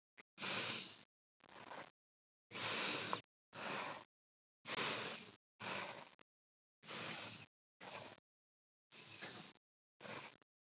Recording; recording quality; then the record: shallow breathing; excellent, no background noise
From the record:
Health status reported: COVID-19 positive, no symptoms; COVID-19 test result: positive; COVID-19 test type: RT-PCR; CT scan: not taken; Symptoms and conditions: none ticked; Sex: female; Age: 25 years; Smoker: no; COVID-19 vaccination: both doses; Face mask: not worn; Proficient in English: yes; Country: India